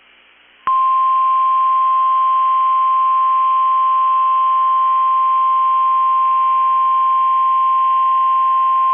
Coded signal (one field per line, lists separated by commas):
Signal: Emergency Alert System (SAME) tones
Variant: 1050 Hz attention tone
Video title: 3/30/22 - KEC65 Required Weekly Test (EAS #400!)